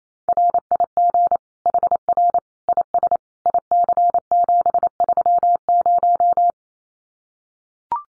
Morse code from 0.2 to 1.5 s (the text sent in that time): RIG